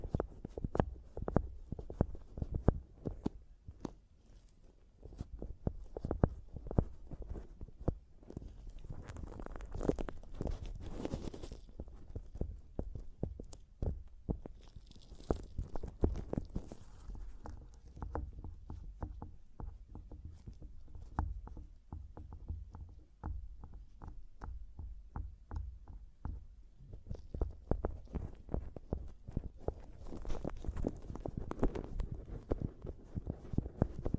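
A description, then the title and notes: Mic tapping and scratching: dense, irregular taps with low thumps, broken by brighter scratchy bursts near ten, fifteen and thirty seconds. ASMR Mic Tapping and Scratching (No Talking).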